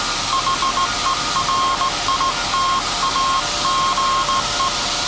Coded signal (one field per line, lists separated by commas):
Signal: Morse code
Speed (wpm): 17 wpm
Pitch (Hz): 1070 Hz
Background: none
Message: HERITAGE